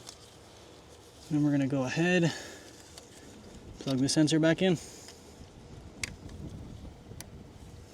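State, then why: Seated. Someone talks, then a sensor's wiring plug is pushed back onto an engine sensor on a 2025 GMC Sierra 3500 Denali with the L5P engine during a Banks Derringer install with a sensor relocation kit. A small sharp click is heard at 6.0 s, and the locking tab is pressed down. The connector is seated and locked in.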